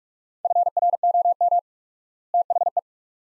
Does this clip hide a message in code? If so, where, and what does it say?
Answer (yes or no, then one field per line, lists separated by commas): yes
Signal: Morse code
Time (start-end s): 0.5-2.8 s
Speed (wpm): 45 wpm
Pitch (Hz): 700 Hz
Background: none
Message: FROM THE